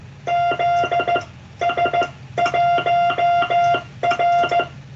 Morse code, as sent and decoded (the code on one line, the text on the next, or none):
--.. ... .---- .-.
ZS1R